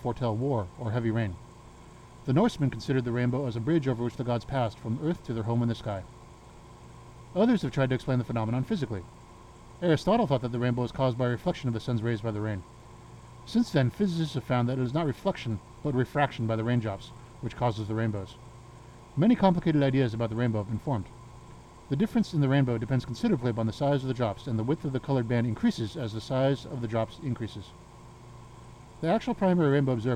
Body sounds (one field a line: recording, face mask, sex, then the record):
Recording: reading aloud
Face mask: surgical mask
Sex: male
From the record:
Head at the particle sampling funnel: turned sideways, cheek in front of it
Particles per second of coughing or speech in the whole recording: 0.342